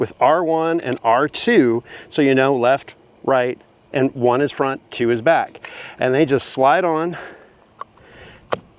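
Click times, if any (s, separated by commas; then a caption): 8.5 s. Someone talks while a plastic end cap, marked R1 or R2 for left/right and front/back, is slid onto the end of an EVBase roof rail on a Model 3 and given a little push. A few faint knocks come at about 7.8 s, then one sharp click at 8.5 s as the end cap seats into place.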